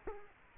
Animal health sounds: mosquito wingbeat signal from an infrared sensor; Culex quinquefasciatus

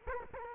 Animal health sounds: mosquito wingbeat signal from an infrared sensor; Culex quinquefasciatus

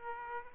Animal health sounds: mosquito wingbeat signal from an infrared sensor; Aedes aegypti

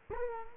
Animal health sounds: mosquito wingbeat signal from an infrared sensor; Culex quinquefasciatus

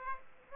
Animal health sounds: mosquito wingbeat signal from an infrared sensor; Aedes aegypti

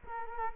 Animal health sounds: mosquito wingbeat signal from an infrared sensor; Culex quinquefasciatus

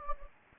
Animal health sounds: mosquito wingbeat signal from an infrared sensor; Anopheles gambiae

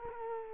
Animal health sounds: mosquito wingbeat signal from an infrared sensor; Culex quinquefasciatus

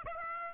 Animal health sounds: mosquito wingbeat signal from an infrared sensor; Aedes aegypti

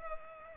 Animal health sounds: mosquito wingbeat signal from an infrared sensor; Culex pipiens

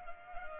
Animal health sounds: mosquito wingbeat signal from an infrared sensor; Culex pipiens

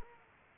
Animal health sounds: mosquito wingbeat signal from an infrared sensor; Culex pipiens

